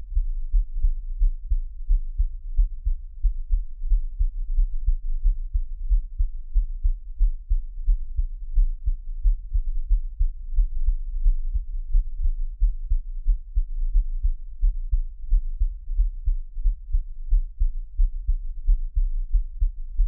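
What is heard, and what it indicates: Steady, deep, muffled thumps repeat at about 90 beats a minute, each a soft double beat, with no talking. An adult's own heartbeat heard close up as an ASMR track, best with headphones, with a faint low hum underneath.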